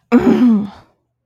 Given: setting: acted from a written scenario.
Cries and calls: vocal sound without words; pain

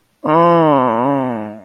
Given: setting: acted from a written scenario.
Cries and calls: vocal sound without words; ecstasy

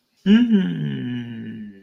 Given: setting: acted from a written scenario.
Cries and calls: vocal sound without words; neutral

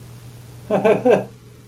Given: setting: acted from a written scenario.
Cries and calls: vocal sound without words; amusement

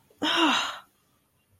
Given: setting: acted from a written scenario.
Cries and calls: vocal sound without words; anger

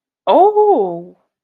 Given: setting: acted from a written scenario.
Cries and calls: vocal sound without words; positive surprise

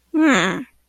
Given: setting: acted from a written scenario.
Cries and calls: vocal sound without words; anger

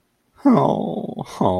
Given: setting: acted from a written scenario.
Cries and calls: vocal sound without words; sympathy

